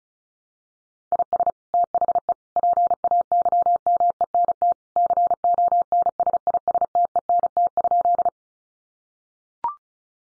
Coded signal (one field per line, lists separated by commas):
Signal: Morse code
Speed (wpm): 34 wpm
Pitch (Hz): 700 Hz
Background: none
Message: IS THE PAYMENT CONSISTENT?